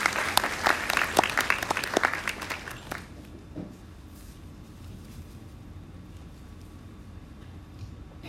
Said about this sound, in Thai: ขอเสียงตบมือต้อนรับวิทยากรของเราค่ะ